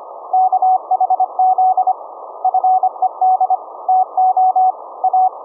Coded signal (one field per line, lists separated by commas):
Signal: Morse code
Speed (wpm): 25 wpm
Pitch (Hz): 750 Hz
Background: none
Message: KHZ FED TO A